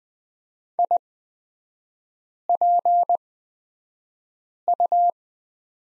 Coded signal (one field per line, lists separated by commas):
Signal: Morse code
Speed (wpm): 20 wpm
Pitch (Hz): 700 Hz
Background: none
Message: IPU